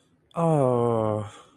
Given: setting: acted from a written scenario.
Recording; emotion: vocal sound without words; sympathy